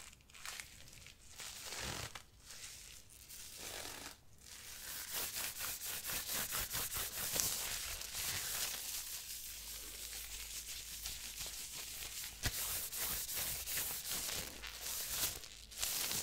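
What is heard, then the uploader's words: Glove sounds: a dry, crackling rustle of material being rubbed and flexed, made of rapid overlapping scratches and crinkles. Short pauses break it up in the first four seconds; after that the rubbing runs steadier and denser, with a few sharper snaps near the end. ASMR Glove Sounds For Tingles & Sleep.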